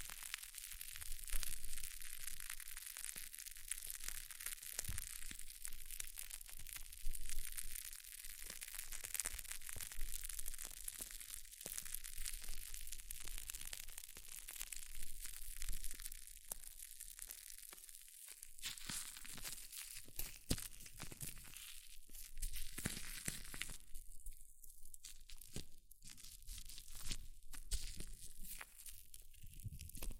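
Hair mousse fizzes and crackles in a dense, bright, continuous hiss of tiny pops, with thinner, choppier stretches near twenty-five seconds.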